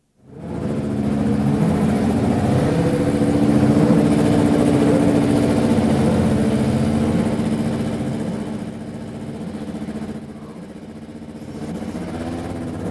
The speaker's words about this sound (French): Mise au point d'un moteur de qualification Renault. Température d'huile aux alentours de 100 degrés, encore très froid donc.